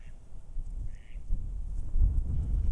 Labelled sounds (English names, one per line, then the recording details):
Mallard
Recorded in Germany
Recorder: ecoPi